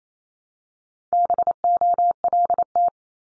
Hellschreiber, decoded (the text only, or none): none